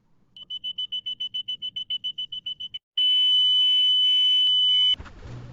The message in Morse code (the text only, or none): none